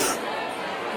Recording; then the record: coughing mixed with background sound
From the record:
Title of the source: 34 coughing up crap again